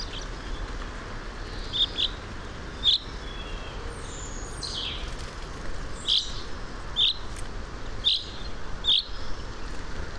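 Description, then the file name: Common chaffinch giving short, sharp calls, repeated roughly once a second in loose runs, over steady background noise. "Fringilla coelebs"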